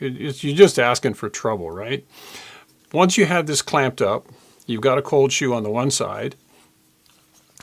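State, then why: Seated. A magnetic cold shoe quick-release mount snaps onto the cold shoe of a clamped camera expansion adapter, which is held in place by magnets. Someone talks for most of the clip, then after a quiet stretch a faint tick is heard at 7.1 s. A sharp, short hit follows at 7.6 s as the mount snaps into place and seats.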